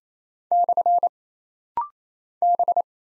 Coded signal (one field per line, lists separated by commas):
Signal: Morse code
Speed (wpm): 27 wpm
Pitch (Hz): 700 Hz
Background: none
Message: / B